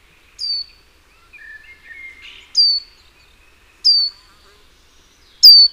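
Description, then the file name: Great tit giving four clear, high, downward-sliding call notes spaced over a few seconds, with softer, lower notes in the middle. "Parus major"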